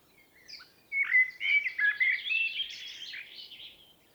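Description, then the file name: Common blackbird song: one continuous phrase of flowing, mellow warbled whistles mixed with high squeaky twittering before tailing off. "Turdus merula"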